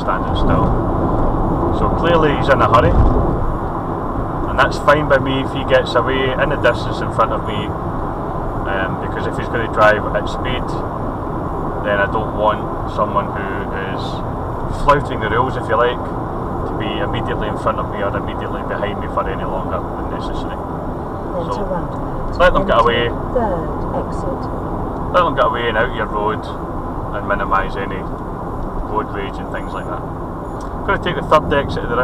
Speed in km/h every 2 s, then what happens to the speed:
89, 85, 85, 85, 85, 82, 81, 79, 77, 76, 74, 71, 68, 64, 63, 63.
0-9 steady at about 85. 9-32 slows to 63.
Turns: none.